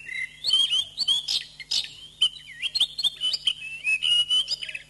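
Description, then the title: Thrush song starting with a steady whistle, then fast mixed chips and sliding whistled notes packed closely together; a faint hum lies beneath. "Suara Burung Anis"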